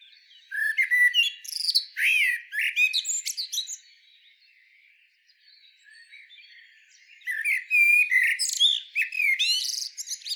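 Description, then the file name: Common Blackbird singing two warbling phrases, mellow notes followed by thin high twittering flourishes, separated by a quiet gap of about three seconds. "Turdus merula"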